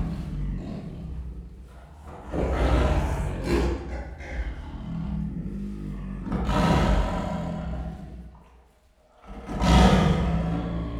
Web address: allathangok miskolcizoo 2018 professzionalis sziberiai tigris amasiknostenyhangjaismegjon miskolczoo